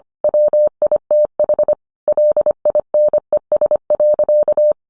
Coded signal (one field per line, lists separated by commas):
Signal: Morse code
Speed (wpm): 25 wpm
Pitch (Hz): 600 Hz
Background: none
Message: WITH LINES.